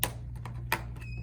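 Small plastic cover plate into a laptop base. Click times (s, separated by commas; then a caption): 0.0 s, 0.7 s. A small plastic cover plate is pressed back onto a laptop base after its four screws are refitted, snapping into place just as the keyboard did. Two sharp snaps are heard at 0.0 s and 0.7 s, with a few fainter ticks and a low steady hum between them. The plate ends up seated.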